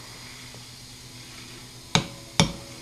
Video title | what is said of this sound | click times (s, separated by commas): ARC Racing - Video #1, Billet Flywheel Installation. | we put it on and listen for the click | 2.0 s, 2.4 s